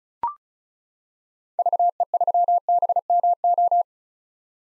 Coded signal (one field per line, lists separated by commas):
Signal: Morse code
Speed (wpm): 34 wpm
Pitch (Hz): 700 Hz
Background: none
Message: VE3BMO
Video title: 2023 POTA Activator Call Signs - 35wpm